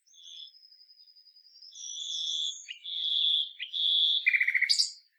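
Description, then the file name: Common nightingale song: a thin high whistle, then a few long steady notes, ending with a quick rattling trill and a sharp high note. "Luscinia megarhynchos"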